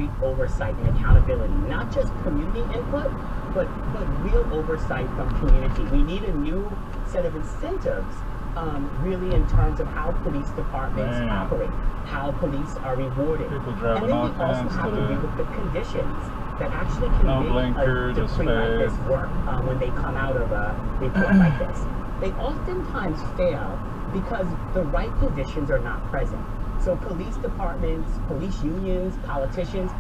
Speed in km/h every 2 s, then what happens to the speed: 39, 42, 45, 39, 40, 44, 45, 48, 48, 47, 45, 44, 42, 39, 29.
0-3 speeds up to 45. 7-14 speeds up to 48. 14-19 steady at about 48. 19-30 slows to 29.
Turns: none.